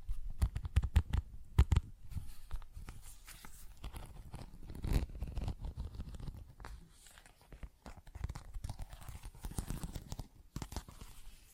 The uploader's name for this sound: Tapping, Scratching & Zipper Sounds